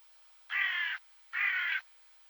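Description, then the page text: Hooded crow giving two harsh, flat caws less than a second apart, each lasting half a second, with nothing else heard. "аудиоопределитель Б.Н. и О.Д. Вепринцевых) Серая ворона"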